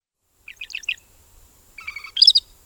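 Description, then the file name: Northern Shrike giving short high chattering notes, then a buzzy rasping call and a sharp squeaky burst at the end. "1997-01-15 Northern Shrike"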